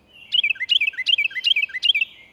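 Carolina Wren song: a loud, ringing phrase of rolling whistled notes, repeated five times in quick, even succession.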